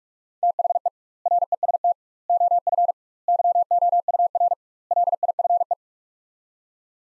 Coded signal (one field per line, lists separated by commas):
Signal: Morse code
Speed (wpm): 47 wpm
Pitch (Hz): 700 Hz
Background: none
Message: THE REST OF YOUR LIFE